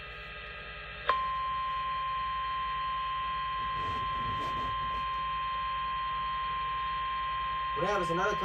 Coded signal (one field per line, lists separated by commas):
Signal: Emergency Alert System (SAME) tones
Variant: 1050 Hz attention tone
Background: speech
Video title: (EAS #2,157 - #2,190) POTTAWATTAMIE GETS A WHOOPING - EAS Alerts from 4/23/25 - 4/24/25